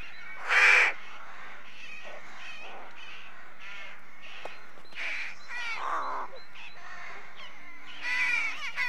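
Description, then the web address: Rook calls, a loud hoarse caw near the start followed by scattered softer caws and croaks, with another burst of harsh calls near the end. A rookery, with the birds at their nests. "BBC Sound Effects Library. Rookery"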